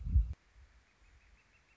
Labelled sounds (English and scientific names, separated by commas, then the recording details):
Northern Flicker (Colaptes auratus)
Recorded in Sonoma County, California